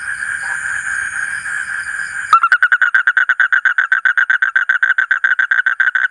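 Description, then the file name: Asian common toad trill begins sharply after two seconds of steady droning noise, then continues as a fast, regular series of mid-pitched pulses. "suara kodok bangkong kolong kodok buduk"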